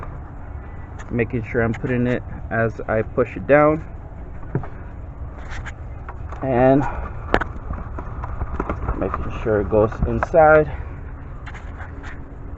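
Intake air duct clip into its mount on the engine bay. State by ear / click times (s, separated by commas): seated / 7.3 s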